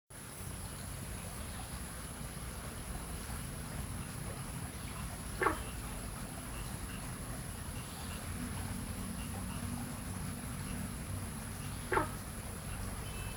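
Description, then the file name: Günther's frog giving two short, gruff barking calls several seconds apart over a steady low rumble and constant background hiss. Local common name translates as 'dog frog'. "貢德氏赤蛙俗名：狗蛙）叫聲"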